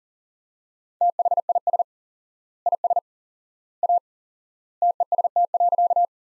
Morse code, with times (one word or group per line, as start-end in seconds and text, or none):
1.0-1.8 THIS
2.7-3.0 IS
3.8-4.0 A
4.8-6.0 TEST.